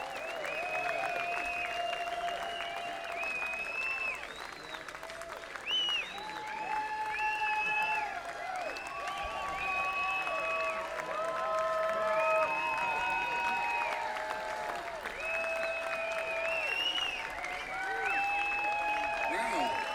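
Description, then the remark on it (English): A large crowd claps steadily and loudly for about twenty seconds without letting up, with scattered whoops, shouts and cheering voices rising above the dense wash of applause. “Got some stamina, don't you? That's really great. This is the Rocky Grass crowd we know and love.”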